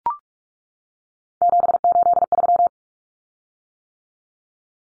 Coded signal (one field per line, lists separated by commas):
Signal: Morse code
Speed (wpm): 44 wpm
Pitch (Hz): 700 Hz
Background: none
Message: 783